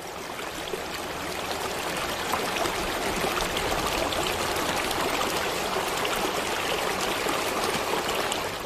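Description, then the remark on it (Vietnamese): A mountain headwater stream in the highlands flows steadily, a continuous bright rush and babble of water with no pauses, holding an even loudness throughout. “Thiếu nữ vùng Sơn Cước vẫn giữ thói quen gội đầu ở suối đầu nguồn.”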